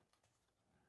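A plastic switch contact carrier for an 1986–1989 Corvette HVAC climate control unit is handled as its pins are maneuvered through the holes in the controller circuit board, giving quiet, faint handling ticks and rustle. Nothing has seated or snapped into place yet.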